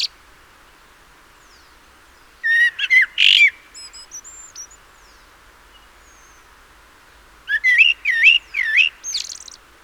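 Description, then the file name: Common blackbird singing two phrases of fluty, slurred whistles mixed with high twitters, separated by a few seconds of near silence with faint high notes. "Turdus merula"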